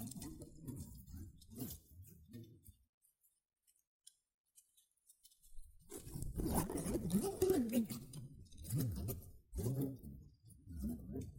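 Shredded tissue and packing peanuts rustle and crinkle in dense, uneven bursts for the first few seconds. Near-silence follows from about three to six seconds, broken only by a few faint ticks. Then the crinkling returns louder and busier through the end.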